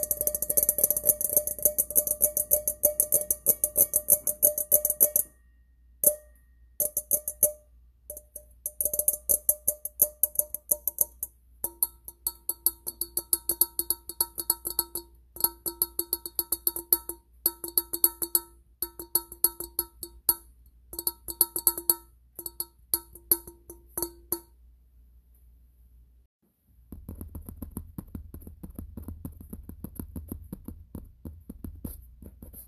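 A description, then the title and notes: Fingernails tap and scratch on hard surfaces in quick, irregular bursts, crisp. A steady rapid scratching opens the first five seconds, then sparser clicking taps with short pauses follow. Near the end the sound turns to a softer, continuous rubbing. Nails Tapping & Scratching on Things.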